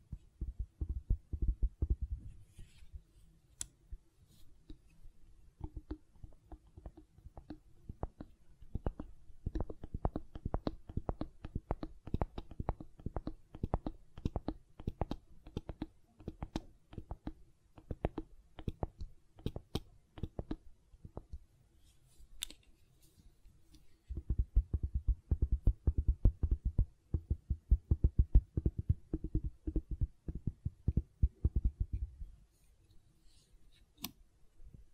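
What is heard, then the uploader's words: Gentle silicon sounds: soft, rapid tapping and squishing clicks with a low, muffled thump under them. The handling comes in bursts, a brief one at the start, a long stretch from about 8 to 22 seconds, then another from 24 to 32 seconds, with quieter pauses between. ASMR Gentle Silicon Sounds for Sleep (No Talking).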